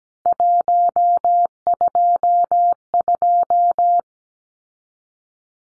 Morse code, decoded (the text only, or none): 122